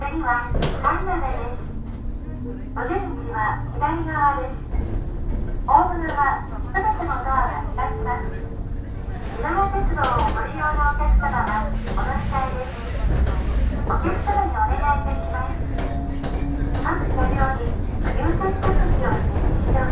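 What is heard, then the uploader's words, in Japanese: A ride on the Fukuen Line train from Fukuyama toward Michinoue, with a steady low rumble running underneath the whole time. Voices talk over it in short, frequent phrases, almost without pause, and faint tones drift slowly in the background. 鉄道旅 福塩線 福山→道上。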